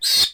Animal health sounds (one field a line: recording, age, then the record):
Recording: pig call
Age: piglet (1 to 25 days)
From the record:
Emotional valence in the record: negative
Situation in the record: castration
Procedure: castration, shear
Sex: male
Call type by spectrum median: high-frequency call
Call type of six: high-frequency stable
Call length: 0.34 s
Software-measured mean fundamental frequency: 137 Hz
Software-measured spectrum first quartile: 4068 Hz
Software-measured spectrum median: 4730 Hz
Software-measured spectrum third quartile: 6477 Hz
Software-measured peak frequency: 4319 Hz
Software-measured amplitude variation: 130 dB a second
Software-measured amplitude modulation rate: 16.2 a second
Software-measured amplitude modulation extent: 8.0 dB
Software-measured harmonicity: 5.8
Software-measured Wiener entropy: -2.77